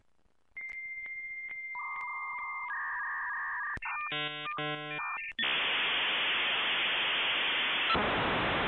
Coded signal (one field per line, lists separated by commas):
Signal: dial-up modem handshake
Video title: vibe cat dial-up internet